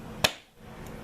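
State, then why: Seated. The plastic pin retaining plate of a Molex multi-pin wiring connector on a Harley Davidson motorcycle is pushed back into its housing. A single sharp snap is heard at 0.3 s against a quiet, low background. The plate is seated and the pin housing is back together.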